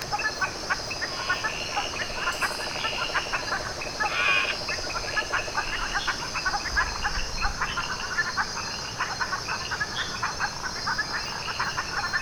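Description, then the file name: Frogs calling together, dense repeated ticks and short croaks overlapping over a continuous high hum, with a brief louder burst near four seconds. Chorus recorded on 12 July 2010. "Frog Chorus Canopy Lodge"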